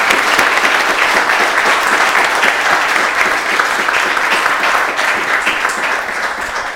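Sustained applause from an audience at the end of a live event, a dense crackle of many hands clapping at a steady loud level for several seconds, easing off slightly toward the end.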